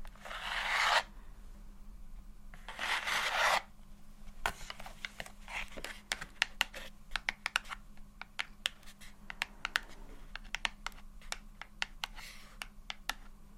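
Soft tapping and scratching: two bursts of steady scratching open the clip, roughly from the start to one second and again near three seconds. After that come light, irregular taps and clicks, quick and sparse, over a faint low hum.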